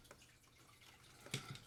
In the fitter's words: Ela ainda não encaixou na posição certa.